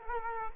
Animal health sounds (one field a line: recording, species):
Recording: mosquito wingbeat signal from an infrared sensor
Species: Culex quinquefasciatus